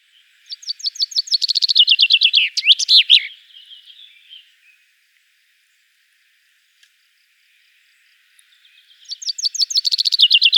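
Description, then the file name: Common chaffinch song: a quick run of bright repeated notes dropping in pitch to a slurred terminal flourish, a long quiet gap, then another phrase beginning. "Fringilla coelebs"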